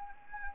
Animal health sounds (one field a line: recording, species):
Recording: mosquito wingbeat signal from an infrared sensor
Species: Anopheles arabiensis